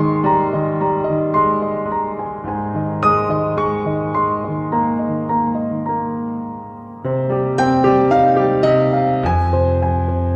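Calm piano plays slow, sustained chords that shift every couple of seconds, swelling louder with a deeper bass chord around seven seconds.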